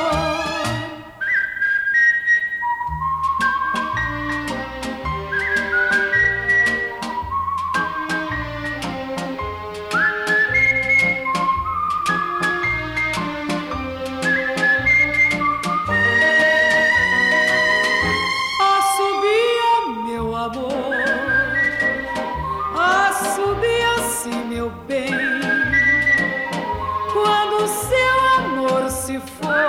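A bright, lilting whistled melody carries over a steady rhythmic musical accompaniment with a pulsing low beat, the tune rising and falling in short, loud phrases throughout.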